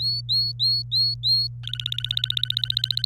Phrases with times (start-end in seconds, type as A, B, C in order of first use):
0.00-1.48 A, 1.64-3.06 B